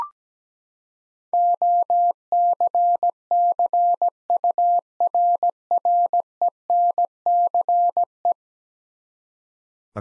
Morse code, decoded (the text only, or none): OCCURRENCE